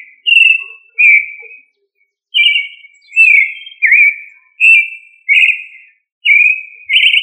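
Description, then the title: Thrush song of short whistled phrases, each under a second, given in a series with pauses between them. "Familia Turdidae - Sabia"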